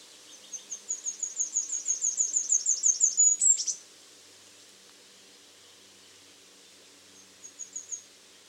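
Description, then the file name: Great tit call series: thin, high notes repeated quickly for about three seconds, growing louder and ending in a sharp note, then a short fainter run later. "Parus major"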